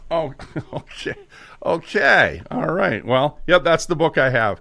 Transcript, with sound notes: Oh, okay (laughing) . Okay, all right. Well, yep, that's the book I have.